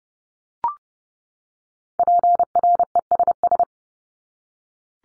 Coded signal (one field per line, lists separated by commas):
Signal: Morse code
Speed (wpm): 30 wpm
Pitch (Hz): 700 Hz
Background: none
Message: PRESS